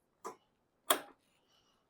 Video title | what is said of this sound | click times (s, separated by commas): GS750 New Tank Part 4 | clicks down nicely and locks in place, | 0.2 s, 0.9 s